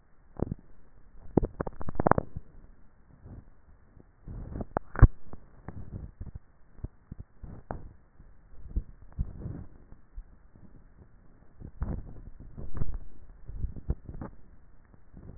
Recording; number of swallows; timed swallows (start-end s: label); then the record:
swallowing sounds by neck microphone; 3
1.12-2.03 s: swallow
8.48-9.35 s: swallow
13.45-14.48 s: swallow
From the record:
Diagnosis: dysphagia